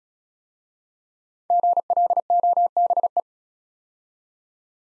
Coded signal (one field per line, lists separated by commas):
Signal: Morse code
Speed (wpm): 35 wpm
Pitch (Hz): 700 Hz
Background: none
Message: GLOBE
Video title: Easy Words - Speed-Racing with Hints - 28wpm